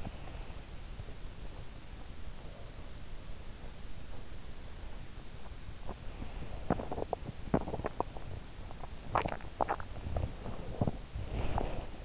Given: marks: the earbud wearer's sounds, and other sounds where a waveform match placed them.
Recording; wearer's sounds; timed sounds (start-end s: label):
sounds in sleep by an in-ear microphone; teeth grinding
5.89-12.05 s: teeth grinding